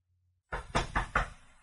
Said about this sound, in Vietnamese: Có tiếng gõ cốc cốc, Nhã Tịnh chưa kịp lên tiếng thì cửa đã mở.